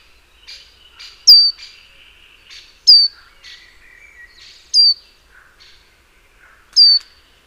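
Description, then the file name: Great tit calls: four loud, sharp high notes sliding steeply downward, about every two seconds, with fainter chirps and warbling from other birds between them. "Parus major"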